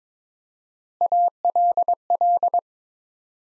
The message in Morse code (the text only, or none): ALL